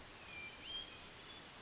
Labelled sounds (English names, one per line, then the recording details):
California Towhee
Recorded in Sonoma County, California